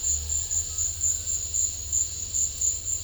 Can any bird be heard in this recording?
no